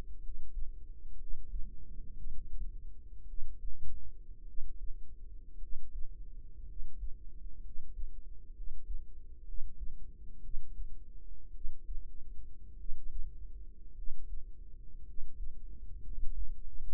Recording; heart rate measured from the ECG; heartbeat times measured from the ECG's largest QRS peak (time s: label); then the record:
heart sounds by microphone in the right ear; 57 bpm
0.18 s: heartbeat
1.15 s: heartbeat
2.13 s: heartbeat
3.24 s: heartbeat
4.43 s: heartbeat
5.57 s: heartbeat
6.63 s: heartbeat
7.60 s: heartbeat
8.51 s: heartbeat
9.42 s: heartbeat
10.39 s: heartbeat
11.50 s: heartbeat
12.74 s: heartbeat
13.92 s: heartbeat
15.02 s: heartbeat
16.00 s: heartbeat
16.92 s: heartbeat
From the record:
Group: healthy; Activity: rest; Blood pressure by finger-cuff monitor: 107/59 mmHg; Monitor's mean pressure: 71 mmHg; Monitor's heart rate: 56 bpm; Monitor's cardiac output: 5.1 L/min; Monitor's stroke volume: 89 mL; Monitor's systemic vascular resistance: 1020 dyn s/cm5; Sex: male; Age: 25 years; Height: 170 cm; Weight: 70.4 kg